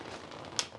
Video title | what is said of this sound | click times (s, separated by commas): Review of the Ambiful 90 Quick Setup Softbox | Clicks in place | 0.6 s